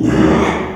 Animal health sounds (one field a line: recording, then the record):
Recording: squeal of a Yucatan mini pig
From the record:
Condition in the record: after surgery on the right vocal fold (resection and tissue-engineered implant)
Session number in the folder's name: 3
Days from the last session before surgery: 33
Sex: male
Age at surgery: 12 weeks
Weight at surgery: 13 kg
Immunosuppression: cyclosporine, prednisolone